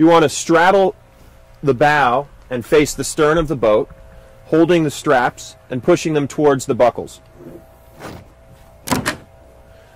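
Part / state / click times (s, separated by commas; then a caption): strap buckle joining the bow section to the mid section of a modular plastic boat / seated / 8.9 s, 9.1 s. Someone talks while pushing the straps of a modular plastic boat toward the buckles that join the bow section to the mid section, straddling the bow and facing the stern. The strap buckles click home at 8.9 s and 9.1 s, seating the bow to the mid section.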